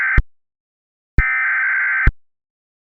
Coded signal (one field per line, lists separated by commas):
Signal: Emergency Alert System (SAME) tones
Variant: header bursts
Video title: Unknown Enemy (An EAS Scenario)